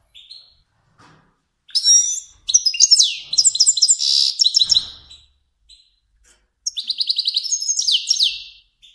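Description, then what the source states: Finch song in bursts: scattered chirps and swooping notes, then two long stretches of rapid, high twittering trills separated by a short pause. Finch described as kermani.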